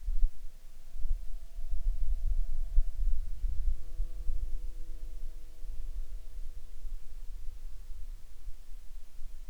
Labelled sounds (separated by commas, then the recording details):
insects
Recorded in Ivvavik National Park, Yukon, on 8 June 2019 at 23:36
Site SINP09